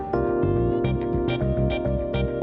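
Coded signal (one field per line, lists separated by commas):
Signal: none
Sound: intro music tones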